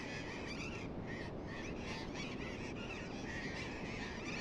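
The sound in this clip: Burrowing parrots squawking together, rough screeching calls blending into an unbroken noisy chorus over a constant low background hum.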